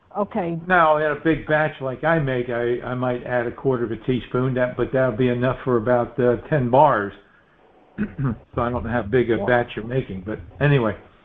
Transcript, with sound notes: Now in a big batch like I make, I, I might add a quarter of a teaspoon. That, but that'd be enough for about, uh, 10 bars. (clears throat) So I don't know how big a batch you're making, but anyway.